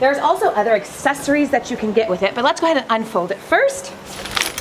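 Someone talks while starting to unfold the metal frame of a folding shopping cart with a standing fold. Sharp clinking handling sounds come near the end at about 4.3, 4.4 and 4.6 seconds. The frame's fold latch has not locked into place yet.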